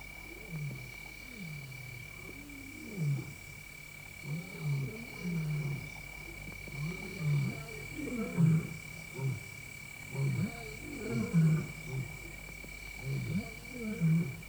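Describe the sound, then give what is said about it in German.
Distant lions roar in reply to a recorded lion roar played from a vehicle roof in their territory, a long series of deep, rhythmic grunting calls rising and falling over a steady background hiss, fairly faint and with no voices. “Das war noch weit weg. Schwer zu schätzen. Löwenstimmen tragen deutlich über eine Entfernung von 8 Kilometern. Aber sie hatten uns gehört.”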